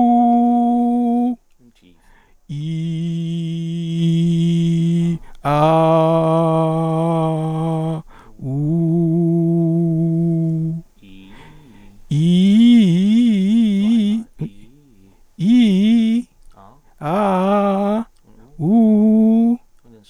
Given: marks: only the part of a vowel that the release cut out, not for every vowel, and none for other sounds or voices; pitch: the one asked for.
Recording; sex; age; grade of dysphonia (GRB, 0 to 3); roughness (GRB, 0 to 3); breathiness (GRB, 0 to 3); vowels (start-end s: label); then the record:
sustained vowels; male; 30 to 39 years; 2; 2; 2
0.46-1.27 s: vowel /u/, high pitch
4.03-5.06 s: vowel /i/, low pitch
5.75-7.85 s: vowel /a/, low pitch
8.70-10.30 s: vowel /u/, low pitch
12.19-13.05 s: vowel /i/, low-high-low pitch
17.07-17.97 s: vowel /a/, low-high-low pitch
18.65-19.51 s: vowel /u/, low-high-low pitch
From the record:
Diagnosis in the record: recurrent laryngeal nerve paralysis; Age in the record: 36 years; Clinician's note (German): Links, in Intermediärstellung